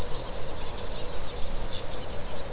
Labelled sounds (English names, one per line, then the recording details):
Kākāpō ching call
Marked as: faintness 4/5
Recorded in New Zealand
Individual Stumpy